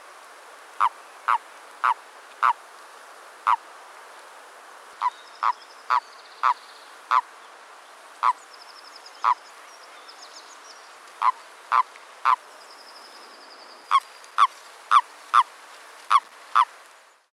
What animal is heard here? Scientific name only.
Bufo bufo